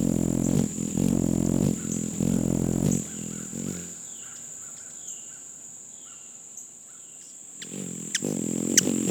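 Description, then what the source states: Hummingbird wing hum: low, buzzing hum in bursts at the start, fading to near silence, then returning at the end, with a steady high whine and sharp clicks. Feeding on a porch.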